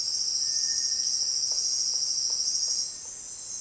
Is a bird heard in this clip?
yes